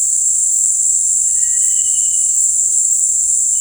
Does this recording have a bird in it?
yes